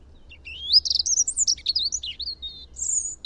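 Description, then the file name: European robin song, a continuous tumbling phrase of high, sweet, rapidly changing whistles and short trills, rising and falling, with only a soft low hum behind. "Erithacus rubecula"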